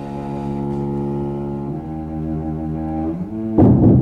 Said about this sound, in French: Le train.